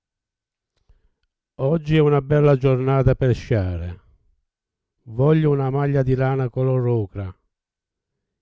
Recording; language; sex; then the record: read phrases; Italian; male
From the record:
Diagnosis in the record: Parkinson's disease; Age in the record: 70 years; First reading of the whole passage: 68 s, 7.6 characters per second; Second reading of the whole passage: 61 s, 8.4 characters per second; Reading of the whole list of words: 64 s, 4.4 characters per second